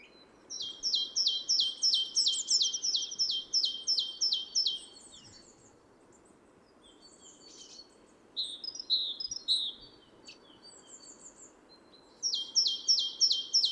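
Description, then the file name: Great tit with repeated sharp high notes in a long run, then scattered softer notes and chips, before short bursts of the same rhythmic down-slurred notes return. "Parus major"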